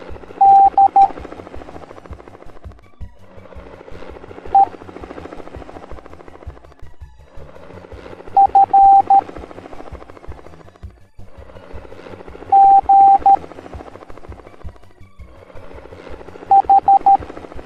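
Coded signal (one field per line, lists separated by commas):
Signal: Morse code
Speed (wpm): 13 wpm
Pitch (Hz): 790 Hz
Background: none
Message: D E F G H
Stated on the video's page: Cartoon educational lesson teaching the Morse code alphabet for kids.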